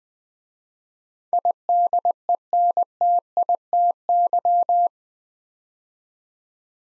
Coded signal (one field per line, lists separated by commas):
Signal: Morse code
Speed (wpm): 20 wpm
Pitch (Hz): 700 Hz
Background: none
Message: IDENTITY